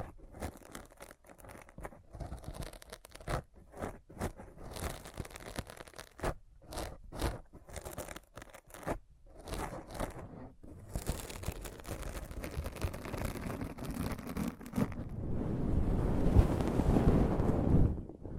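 Scratching sounds, crunchy and scraping, start as rapid bursts with brief gaps, then merge into a louder, denser, continuous rubbing after fifteen seconds.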